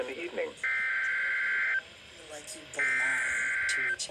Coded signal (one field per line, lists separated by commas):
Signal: Emergency Alert System (SAME) tones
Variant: header bursts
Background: speech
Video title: WEA #3 EAS #725-731 IL Amber Alert on NWR and FM